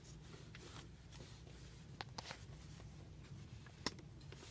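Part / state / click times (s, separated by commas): spark plug wire boot onto spark plug / seated / 3.9 s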